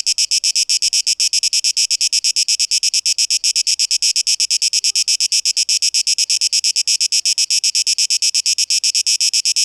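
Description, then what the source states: Continuous cicada buzz chopped into rapid rhythmic pulses, high and metallic, holding steady from start to end. 12 August 2023.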